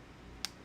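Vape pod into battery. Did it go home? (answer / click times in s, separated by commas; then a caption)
yes / 0.4 s. A plastic vape pod slides into its battery housing and snaps home with one short, sharp click at 0.4 s, rising well above the quiet background. The pod is seated firmly in the battery.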